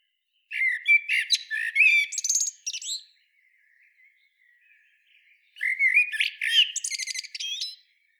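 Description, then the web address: Common blackbird song: two fluted, warbling phrases with squeaky high flourishes, separated by a pause of about two and a half seconds. "SETE data Turdus merula"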